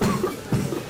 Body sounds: coughing mixed with background sound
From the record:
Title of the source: Mid-morning Winter Coughing Fit

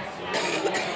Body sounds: coughing mixed with background sound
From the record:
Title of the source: 60 coughing still (deep and wet cough)

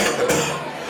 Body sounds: coughing mixed with background sound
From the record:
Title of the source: Wet Throat Infection Cough

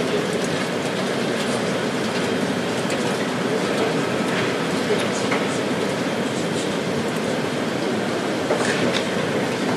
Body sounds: background sound without coughing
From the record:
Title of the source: Office Sounds Ambience - Background Noise for Study and Work

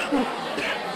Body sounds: coughing mixed with background sound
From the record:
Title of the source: 64 coughing, allergies, singing lungs

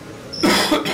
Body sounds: coughing mixed with background sound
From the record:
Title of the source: Man Coughing Sound - Wet Cough Sound Effect

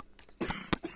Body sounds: coughing mixed with background sound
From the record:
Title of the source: 30 Chesty and wet cough

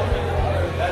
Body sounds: background sound without coughing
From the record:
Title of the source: CITY SOUNDS Busy Bar in the Evening Night - 2 HOURS of Ambiance for Relaxation

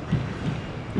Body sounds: background sound without coughing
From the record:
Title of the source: 30 MINUTES Construction Site Ambience (CC BY 4.0)

